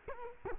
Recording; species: mosquito wingbeat signal from an infrared sensor; Culex quinquefasciatus